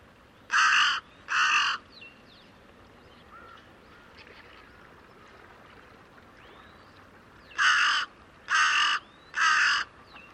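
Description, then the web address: Bird calling with harsh cawing notes, two caws near the start, then a pause with faint background, then three more evenly spaced caws at the end. "cianscape. Deverinetal 2025. Bird Only"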